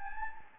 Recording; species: mosquito wingbeat signal from an infrared sensor; Anopheles gambiae